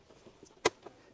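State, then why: Seated. A USB port module from a Simplify AutoKit USB Power kit is pushed all the way into the center console opening of a Fisker Ocean. It snaps into place with a sharp, loud click at 0.7 s, followed by a fainter click at 0.9 s, over a quiet background. The module is seated.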